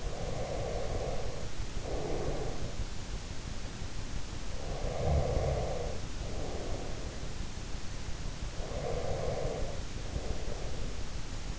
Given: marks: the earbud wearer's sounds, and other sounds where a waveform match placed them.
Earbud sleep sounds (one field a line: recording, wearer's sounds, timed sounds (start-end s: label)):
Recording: sounds in sleep by an in-ear microphone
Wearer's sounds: breath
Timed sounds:
0.00-2.92 s: breath
4.45-7.58 s: breath
8.60-11.59 s: breath